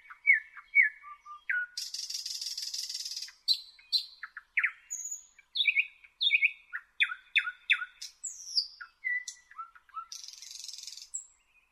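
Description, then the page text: Thrush nightingale song, varied phrases of whistled slurs, a long churring rattle, sharp clicking series and piping notes, ending in another rattle. "Jelmer Poelstra - Обыкновенный соловей (Luscinia luscinia)"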